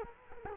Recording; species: mosquito wingbeat signal from an infrared sensor; Culex quinquefasciatus